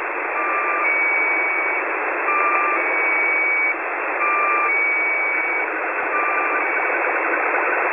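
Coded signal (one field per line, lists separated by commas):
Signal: channel marker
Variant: Squeaky Wheel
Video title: The Squeaky Wheel at 3828.00 kHz via Utwente Web SDR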